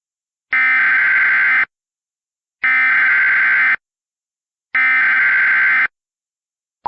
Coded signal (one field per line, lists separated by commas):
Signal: Emergency Alert System (SAME) tones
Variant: header bursts